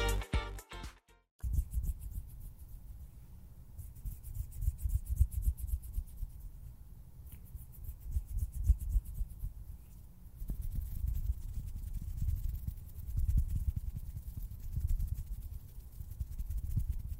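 Hands and fingers flutter and rub against a surface in a dense, continuous run of soft, low, papery friction that rises and falls in waves. A brief burst of sharper clicks comes first, then a short pause before the steady rubbing begins.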